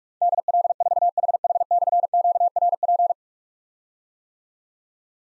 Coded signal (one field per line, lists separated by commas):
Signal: Morse code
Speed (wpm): 44 wpm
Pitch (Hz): 700 Hz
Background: none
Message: DL4HH/QRP